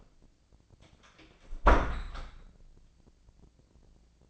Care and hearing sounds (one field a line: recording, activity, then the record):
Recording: daily activity, microphone in the room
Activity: close door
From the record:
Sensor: 5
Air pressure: 1009.4 hPa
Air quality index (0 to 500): 170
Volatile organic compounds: 2 ppm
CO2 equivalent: 1296 ppm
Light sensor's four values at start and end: 192/457/193/210 and 192/457/193/210